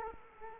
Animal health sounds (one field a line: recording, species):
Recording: mosquito wingbeat signal from an infrared sensor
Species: Culex quinquefasciatus